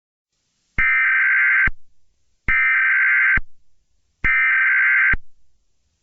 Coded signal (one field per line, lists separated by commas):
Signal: Emergency Alert System (SAME) tones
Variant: header bursts